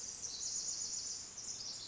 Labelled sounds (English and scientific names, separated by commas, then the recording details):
Pacific Wren (Troglodytes pacificus)
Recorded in Sonoma County, California